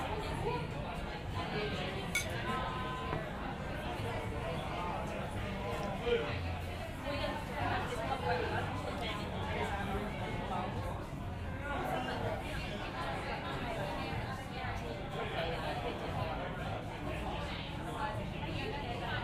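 Busy pub ambience, with many overlapping voices forming a dense, steady murmur throughout. No single talker stands out. Occasional glass clinks and brief louder bursts punctuate the constant crowd noise.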